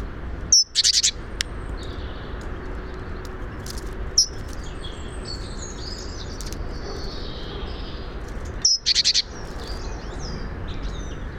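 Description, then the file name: Great tit calls: a high note with a short buzzy churr near the start and again near the end, a lone sharp note between, and faint other birdsong throughout. "Parus major"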